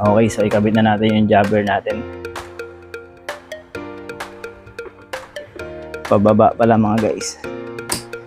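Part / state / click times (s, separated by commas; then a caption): motorcycle intercom unit onto helmet mounting bracket / seated / 7.9 s. A Jabbre J4 motorcycle intercom unit is slid downward onto its helmet mounting bracket while someone talks over background music. Several short taps and knocks are heard as it goes on, and a sharp click at 7.9 s marks the unit locking onto the mount.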